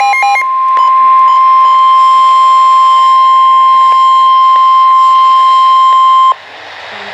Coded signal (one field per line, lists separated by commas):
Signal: Emergency Alert System (SAME) tones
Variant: 1050 Hz attention tone